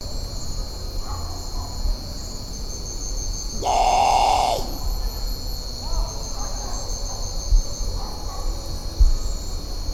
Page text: Исполинский лесной козодой